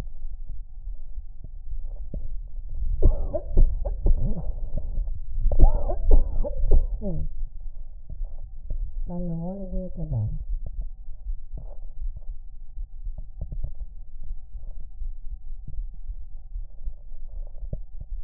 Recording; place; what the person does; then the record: lung sounds by stethoscope; left anterior apical chest; quiet breathing, then cough and speech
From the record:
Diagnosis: asthma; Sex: female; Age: 66 years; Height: 172 cm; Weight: 76 kg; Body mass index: 25.7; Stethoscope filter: extended mode